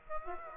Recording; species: mosquito wingbeat signal from an infrared sensor; Aedes aegypti